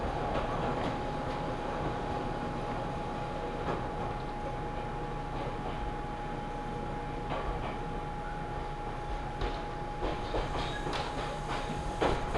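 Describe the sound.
A ride aboard an Omi Railway train, with a steady, dense rumble of the moving carriage throughout and a constant thin whine held at one pitch. Brief clacks of the wheels over rail joints break through every couple of seconds, sharper near the end.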